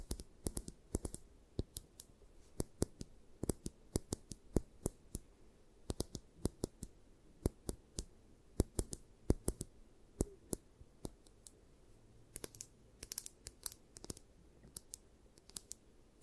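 Irregular sharp tapping clicks come every half second or so, bunching into quick flurries near thirteen seconds, over a soft low rustling hum.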